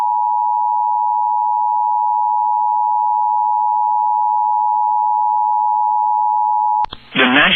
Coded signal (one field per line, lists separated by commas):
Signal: Emergency Alert System (SAME) tones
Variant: 853 and 960 Hz attention tone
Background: speech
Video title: THE ACTION CONTINUES | EAS Alerts from 6/22/2022 (EAS #1346-1352)